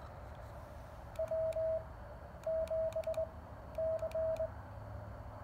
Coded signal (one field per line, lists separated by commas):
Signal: Morse code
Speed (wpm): 21 wpm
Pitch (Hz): 660 Hz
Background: radio noise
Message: W 7 C